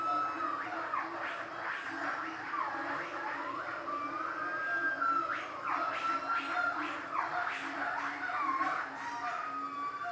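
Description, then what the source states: Monkey whooping calls: overlapping swoops up and down in pitch, bursts clustering midway, set against an unbroken tonal drone and a low hum. Several monkeys at a zoo.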